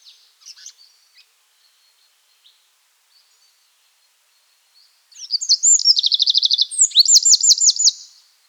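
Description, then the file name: Bird calling with a rapid series of high, looping trills repeated several times a second, preceded by a few faint scattered chirps and near silence. "Vogel. Stanislaw Wroza"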